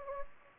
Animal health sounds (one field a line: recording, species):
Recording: mosquito wingbeat signal from an infrared sensor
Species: Anopheles gambiae